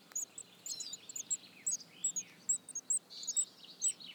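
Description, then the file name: Eurasian Blue Tit calls, soft high-pitched tsip notes spaced irregularly over a faint background hiss, with a few fainter, lower sounds mixed in. "Cyanistes caeruleus"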